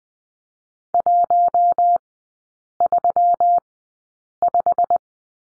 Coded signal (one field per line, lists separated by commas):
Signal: Morse code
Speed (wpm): 20 wpm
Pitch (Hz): 700 Hz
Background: none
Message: 135